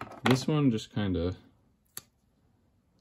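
A USB charging plug is inserted again into the charging port of an Ascher rechargeable LED bike light while someone talks, and the plug just slides in, unlike another light that snaps into place. A single brief sharp sound occurs near 2.0 s, followed by quiet, but the plug has not clicked or seated, so it might come undone.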